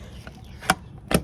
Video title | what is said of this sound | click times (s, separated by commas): Generator Run Shed Enclosure | and it locks in place. | 0.7 s